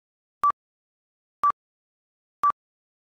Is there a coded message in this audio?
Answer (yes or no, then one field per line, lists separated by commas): no